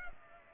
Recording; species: mosquito wingbeat signal from an infrared sensor; Culex pipiens